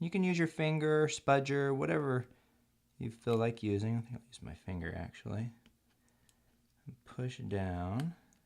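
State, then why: Not seated. Someone talks while a finger presses the plastic scissor bracket for the right arrow key down into the retainer clips of the keyboard on a mid-2010 13-inch MacBook Pro 1278 (2.66 GHz, MC375, Type J). There are quiet pauses between phrases, and the bracket is being handled but has not snapped into place yet; nothing has seated or clicked by the end of the clip.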